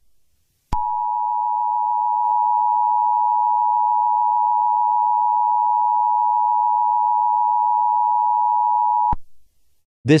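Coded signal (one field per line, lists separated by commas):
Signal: Emergency Alert System (SAME) tones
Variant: 853 and 960 Hz attention tone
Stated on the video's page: Fictional alert scenario.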